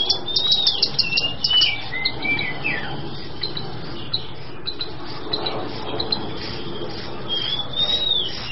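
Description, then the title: Songbird whistling slurred rising and falling notes mixed with quick chirps and chips, pausing midway before more whistled phrases return near the end. "SuaraBurung Kicau"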